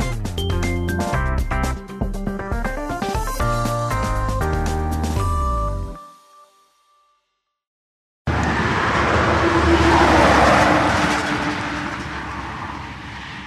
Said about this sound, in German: Über eine alte Alleenstraße rollt spärlich der Verkehr Richtung Ostsee. Links und rechts immer wieder Wälder und Seen, leicht hügelig die Landschaft, ab und zu ein Haus.